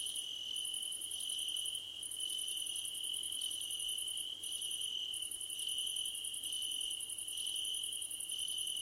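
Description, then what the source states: Several crickets chirping: one unbroken shrill trill and a higher, rapid pulsing chirp that runs in bursts separated by short breaks. Crickets at night under a starlit sky.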